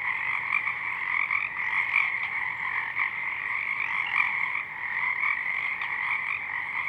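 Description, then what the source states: Dense chorus of Pacific chorus frogs, countless short croaking calls blending into a constant pulsing wall of sound. Many frogs calling in full chorus at dusk; double mid-side recording downmixed to stereo.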